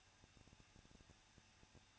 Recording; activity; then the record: daily activity, microphone in the room; no activity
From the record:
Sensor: 2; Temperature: 21.0 degrees Celsius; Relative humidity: 37.5%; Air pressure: 1006.2 hPa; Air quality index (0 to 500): 223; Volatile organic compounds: 25 ppm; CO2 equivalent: 2826 ppm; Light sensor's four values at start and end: 2/3/2/2 and 2/3/2/2